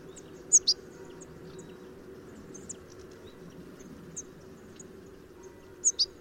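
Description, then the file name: European goldfinch calls: a sharp high double note near the start and another at the end, with scattered faint tinkling notes between, over a low background hum. "Carduelis carduelis"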